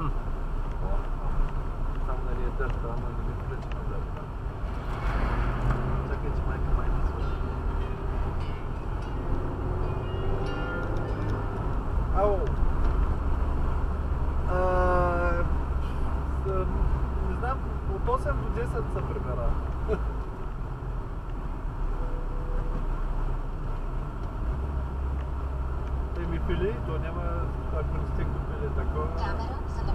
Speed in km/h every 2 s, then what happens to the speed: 15, 17, 24, 31, 36, 44, 43, 41, 39, 38, 34, 30, 27, 27, 30.
0-10 speeds up to 44. 10-24 slows to 27. 24-30 steady at about 27.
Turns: none.